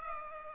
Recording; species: mosquito wingbeat signal from an infrared sensor; Culex pipiens